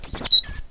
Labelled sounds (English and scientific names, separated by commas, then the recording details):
Stitchbird (Notiomystis cincta) song
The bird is a male
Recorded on Tiritiri Matangi Island, New Zealand, in 2005
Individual 8, of nest box 10